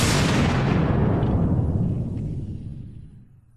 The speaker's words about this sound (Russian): Вряд ли, конечно, упырь решил погеройствовать и закрыть с собой гранату. Скорее всего, просто собирался вышвырнуть ее обратно, но просчитался, и самодельный запал рванул, как только коснулся твердой поверхности.